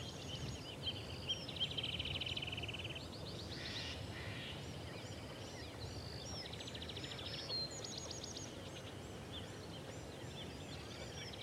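Birds call and chatter in the blue oaks of Sequoia over a steady, dense rushing hiss that fills the low end throughout. Rapid trilled and buzzy calls come in bursts, busiest in the first four seconds and again around seven to nine seconds.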